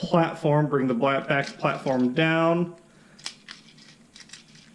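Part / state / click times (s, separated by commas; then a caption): plastic tread tabs hooking into the toy's back platform / seated / 3.3 s. A plastic transforming robot toy's black back platform is brought down so the tabs on its treads hook into it, and someone talks first. A sharp click at 3.3 s marks the tabs locking into the platform, followed by a few softer plastic ticks. The parts seat firmly in place.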